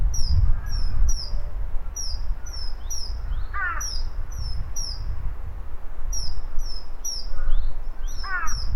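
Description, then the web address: Bird calls: thin, high chirps sliding downward, repeated in quick runs, with a lower harsh note near four seconds and again near the end over a steady low rumble. "yacho koe"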